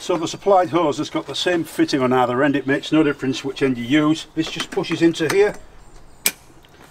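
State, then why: Seated. Someone talks while pushing the plastic quick-connect end of the supplied high-pressure hose, which has the same fitting on both ends, into the outlet fitting of an Ava Go P55 power washer. After the talking stops, a single sharp click sounds at 6.3 s as the connector locks, and the hose is seated in the outlet.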